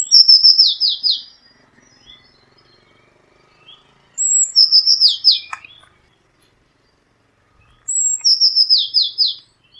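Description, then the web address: Eurasian blue tit calls: each bout opens with a thin high note, then a rapid run of five or six falling buzzy notes, repeated about every four seconds. "cianscape birddata Deverinetal 2025 File origin Bird Only Cy Ca"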